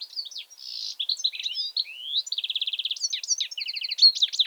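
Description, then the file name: European goldfinch singing a fast, unbroken medley of sweet chirps and quick rattling trills, lively and varied throughout. "Carduelis carduelis"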